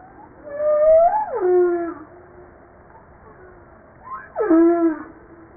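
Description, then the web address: Humpback whale song: two loud falling cries with rich overtones, each sliding down into a sustained low tone. Recorded 5 March 1994. "PMahe Voile'Ocean 940305 HUMPBACK"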